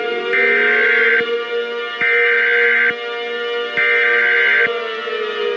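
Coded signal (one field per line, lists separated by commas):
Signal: Emergency Alert System (SAME) tones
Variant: header bursts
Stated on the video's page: Mock solar-storm-themed EAS scenario, not real.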